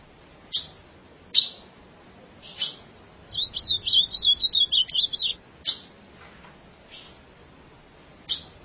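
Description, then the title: Ultramarine grosbeak singing one quick, jumbled phrase of several warbled notes lasting about two seconds, set between irregular sharp clicks. "Azulao"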